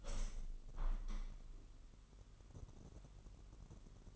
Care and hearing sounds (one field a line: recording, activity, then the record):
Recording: daily activity, microphone in the room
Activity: open window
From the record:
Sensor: 4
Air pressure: 999.4 hPa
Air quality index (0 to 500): 137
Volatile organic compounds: 3 ppm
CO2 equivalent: 1351 ppm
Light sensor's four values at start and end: 20/48/20/22 and 20/48/20/22